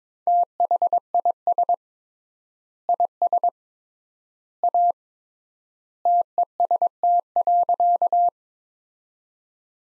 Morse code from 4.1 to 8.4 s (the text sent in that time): A TEST.